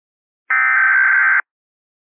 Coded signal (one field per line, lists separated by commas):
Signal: Emergency Alert System (SAME) tones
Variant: header bursts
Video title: EAS Scenario - Scattered